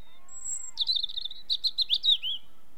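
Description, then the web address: European robin song: a thin high whistle, then a fast tumbling phrase of trilled, warbling notes rising and falling, ending in a short sweep. British bird. "The BBC Sound Effects Library. Robin"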